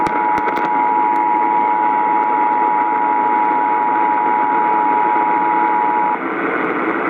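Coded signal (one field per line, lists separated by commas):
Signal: Emergency Alert System (SAME) tones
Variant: 853 and 960 Hz attention tone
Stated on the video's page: Statewide Amber Alert relayed over 750 AM radio.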